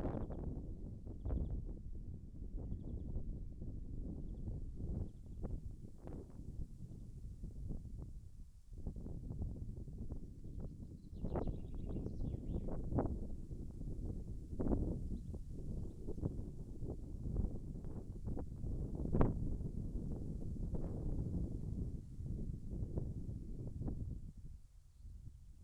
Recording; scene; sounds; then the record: everyday scene through a hearing-aid microphone; wind on the microphone; wind, birds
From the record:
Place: in front of a rural house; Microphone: behind the ear, left, rear